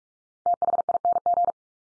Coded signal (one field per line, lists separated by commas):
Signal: Morse code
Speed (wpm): 46 wpm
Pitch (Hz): 700 Hz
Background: none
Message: THING